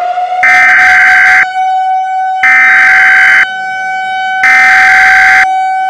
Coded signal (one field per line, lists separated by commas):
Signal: Emergency Alert System (SAME) tones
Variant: header bursts